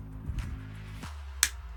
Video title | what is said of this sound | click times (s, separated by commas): KENNER CENTURIONS TOYS 1986 POWER EXTREME! | nice satisfying clicks and there is ace macleod my favorite toy | 1.4 s